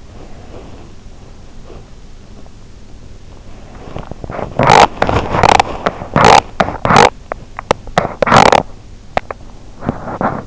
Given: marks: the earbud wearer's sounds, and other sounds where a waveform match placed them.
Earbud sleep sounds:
sounds in sleep by an in-ear microphone; breath, teeth grinding
0.00-2.00 s: breath
3.73-7.15 s: teeth grinding
7.28-8.71 s: teeth grinding
9.16-10.47 s: teeth grinding

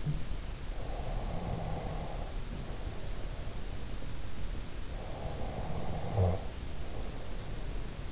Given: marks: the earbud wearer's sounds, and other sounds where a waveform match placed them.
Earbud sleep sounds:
sounds in sleep by an in-ear microphone; talking in sleep, breath, snoring breath
0.00-0.30 s: talking in sleep
0.73-3.72 s: breath
4.97-7.69 s: snoring breath

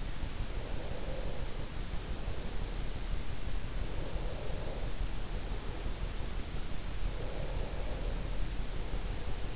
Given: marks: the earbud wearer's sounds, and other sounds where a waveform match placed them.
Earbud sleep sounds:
sounds in sleep by an in-ear microphone; breath
0.51-3.31 s: breath
4.01-6.18 s: breath
6.85-9.56 s: breath

